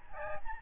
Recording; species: mosquito wingbeat signal from an infrared sensor; Aedes albopictus